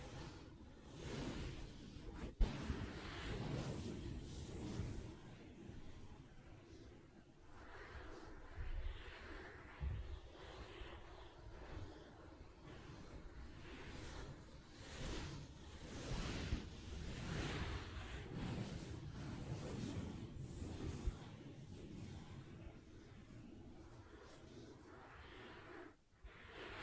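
Soft fabric surface scratched and tapped in a dense, continuous rustling stream of quick strokes, with brief pauses near 2 and 26 seconds.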